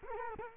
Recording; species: mosquito wingbeat signal from an infrared sensor; Culex quinquefasciatus